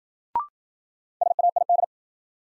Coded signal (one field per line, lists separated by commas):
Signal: Morse code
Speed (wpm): 53 wpm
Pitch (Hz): 700 Hz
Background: none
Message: SAID